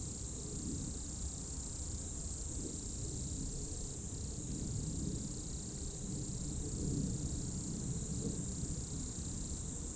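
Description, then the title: Insects buzzing in a dense, steady high-pitched chorus with scattered chirps, over a low continuous rumble. Insects in roadside bank and trees at dusk, first hairpin of Col du Chat road, Bourdeau, France; recorded on Tascam DAP1 DAT, from a 2006 CDR. "route col du Chat, Bourdeau, France - Tutti insectes"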